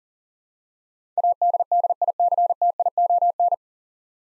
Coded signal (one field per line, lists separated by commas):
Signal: Morse code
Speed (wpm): 40 wpm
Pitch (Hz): 700 Hz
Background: none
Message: ADDICTION